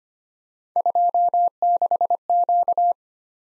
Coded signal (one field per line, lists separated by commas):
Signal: Morse code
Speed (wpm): 25 wpm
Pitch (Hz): 700 Hz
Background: none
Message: 26Q